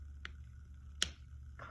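A cap is pushed onto a marker and closed all the way so the marker doesn't dry out. After a softer tick near 0.3 s, it snaps shut with a sharp, bright click at 1.0 s. The cap is fully seated.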